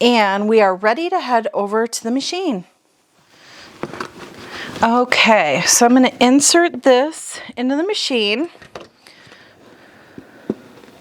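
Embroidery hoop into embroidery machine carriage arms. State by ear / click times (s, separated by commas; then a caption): not seated / none. Someone talks while a plastic embroidery hoop holding a duffel bag is handled toward the metal carriage arms of a multi-needle embroidery machine, with soft rustling and a few brief knocks. Nothing has seated or clicked onto the arms yet.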